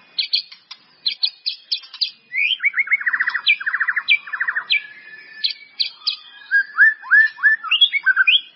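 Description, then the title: White-rumped Shama song: clear whistled notes and rapid rolling trills, with varied rising and falling phrases delivered in quick succession. "murai batu"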